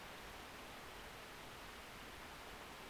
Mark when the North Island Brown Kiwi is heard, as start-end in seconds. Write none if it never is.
none